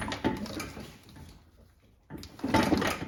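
A Civic's manual transmission is wiggled onto the engine, with scraping metal shuffles that fade into a near-silent pause before a burst of activity returns. At 2.5 s, a sharp little click or pop marks the steel input shaft splines engaging the new clutch disc and sliding in past the flywheel ring gear. The transmission is seated.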